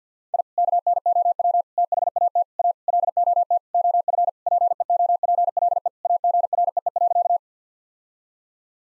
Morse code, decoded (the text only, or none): I KNOW THAT A LOT OF PEOPLE AGREE.